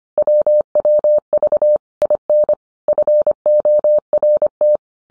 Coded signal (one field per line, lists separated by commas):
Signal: Morse code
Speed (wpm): 25 wpm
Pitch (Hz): 600 Hz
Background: none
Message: WWV IN FORT